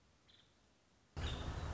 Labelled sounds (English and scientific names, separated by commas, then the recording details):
Nuttall's Woodpecker (Dryobates nuttallii)
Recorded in Sonoma County, California